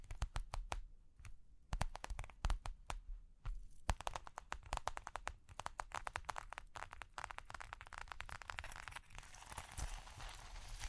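Tapping and scratching sounds fill the clip, starting as sparse, sharp taps with brief gaps and growing into a dense, busy run of quick clicks and scratches after about four seconds. Toward the end a bright, hissing rustle builds up beneath the taps.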